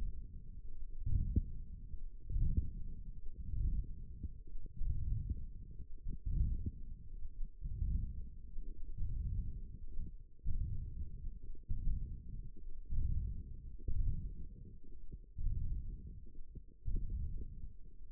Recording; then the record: forearm muscle sounds (acoustic myography)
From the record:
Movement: ulnar deviation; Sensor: system 1, eight BSWA MPA416 microphones around the upper forearm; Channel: 2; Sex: male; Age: 42 years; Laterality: right